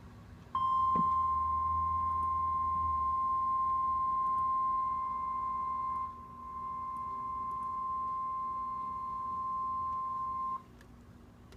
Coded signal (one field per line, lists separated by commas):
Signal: Emergency Alert System (SAME) tones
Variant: 1050 Hz attention tone